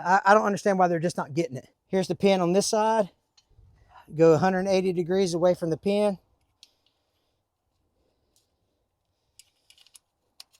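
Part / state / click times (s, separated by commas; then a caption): safety pin into PTO quick coupler / not seated / none. A metal safety pin is being handled at a PTO quick coupler, lined up 180° away from the locking pin. Someone talks for the first six seconds, followed by quiet, faint handling ticks and a few sharp small clicks. Nothing has seated or clicked into place yet.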